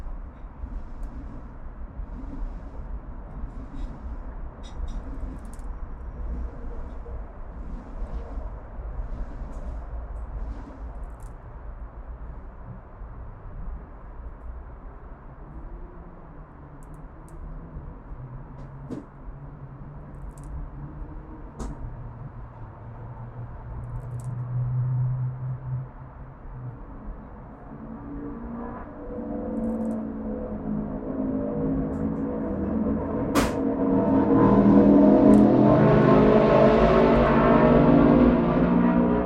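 An urban backyard in Oakland, CA, filled with a steady low rumble of traffic and faint scattered clicks. Around 25 seconds a low engine hum rises briefly, and from about 28 seconds a louder vehicle swells in, peaking near 35 seconds with a rougher, brighter roar.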